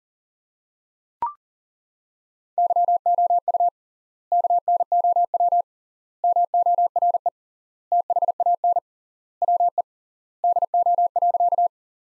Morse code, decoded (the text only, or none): YOU KNOW MORE THAN WE DO.